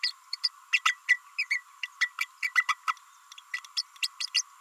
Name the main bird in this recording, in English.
Green-rumped Parrotlet